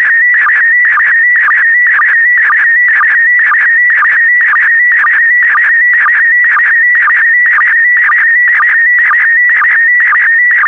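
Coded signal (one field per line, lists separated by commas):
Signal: SSTV (slow-scan television)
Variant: PD120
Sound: continuous warbling whistle around 2 kHz with short low ticks twice a second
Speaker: complete you can now check your decoded image against the picture that is shown on the video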